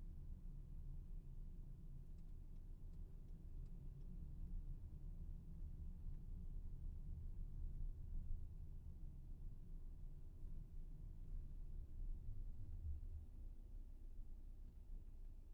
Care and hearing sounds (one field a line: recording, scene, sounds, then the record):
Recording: everyday scene through a hearing-aid microphone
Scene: in a vehicle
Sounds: engine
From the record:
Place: VW T5 Caravelle, diesel engine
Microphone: behind the ear, left, rear